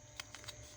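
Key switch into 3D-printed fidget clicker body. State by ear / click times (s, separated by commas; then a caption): seated / 0.2 s, 0.3 s. A keyboard key switch is pushed into a freshly 3D-printed plastic fidget clicker body. Sharp snaps are heard at 0.2 s and 0.4 s over a low background hum. The switch seats, snapping right into place.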